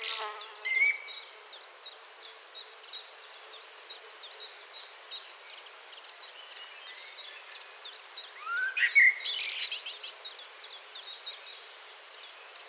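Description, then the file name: Common blackbird calls: a steady run of short, sharp high ticks, about three a second, with a few lower whistled notes and a louder burst of harsher notes later on. "Turdus merula"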